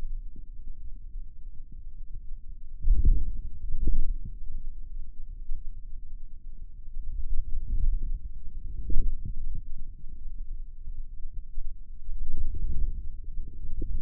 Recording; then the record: forearm muscle sounds (acoustic myography)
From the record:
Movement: inward rotation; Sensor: system 2, bracelet of six BSWA MPA416 microphones around the upper forearm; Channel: 4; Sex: male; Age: 22 years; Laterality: right